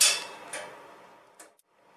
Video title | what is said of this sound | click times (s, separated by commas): Installing QOFP & QO1FP Branch Breaker Filler Plate in QO™ Load Centers - Schneider Electric Support | install you will fit the filler plate over the hole in the dub run and then push until it clicks into place | 0.0 s